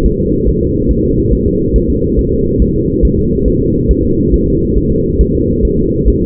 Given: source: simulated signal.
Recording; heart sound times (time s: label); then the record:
fetal heart sounds
0.06 s: S1
0.20 s: S2
0.48 s: S1
0.62 s: S2
0.91 s: S1
1.05 s: S2
1.33 s: S1
1.47 s: S2
1.76 s: S1
1.90 s: S2
2.19 s: S1
2.33 s: S2
2.62 s: S1
2.76 s: S2
3.05 s: S1
3.19 s: S2
3.48 s: S1
3.62 s: S2
3.91 s: S1
4.05 s: S2
4.34 s: S1
4.48 s: S2
4.78 s: S1
4.92 s: S2
5.21 s: S1
5.35 s: S2
5.65 s: S1
5.79 s: S2
6.08 s: S1
6.22 s: S2
From the record:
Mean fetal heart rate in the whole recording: 140 bpm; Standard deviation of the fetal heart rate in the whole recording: 2 bpm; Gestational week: 34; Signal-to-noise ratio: -14.7 dB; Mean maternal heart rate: 72 bpm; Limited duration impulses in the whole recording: present